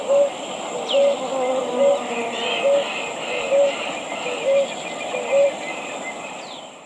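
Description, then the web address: Ruddy ground-dove giving seven short, soft low coos at an even pace just under a second apart, with faint higher bird notes and a steady background hiss. Eastern lowlands of South America. "Natures Songs S America Eastern Lowlands. Ruddy Ground-Dove"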